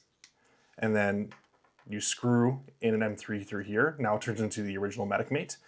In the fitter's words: makes a nice little click, and